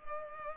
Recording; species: mosquito wingbeat signal from an infrared sensor; Culex pipiens